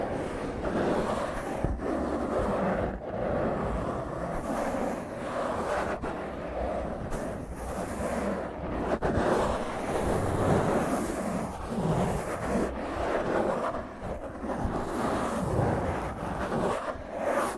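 Fingernails scratch roughly and continuously across a microphone, making a dense, grinding rasp that fills the low and middle range. The scraping never stops, swelling and easing in uneven strokes, with brief sharp clicks near 2, 6, 9 and 17 seconds.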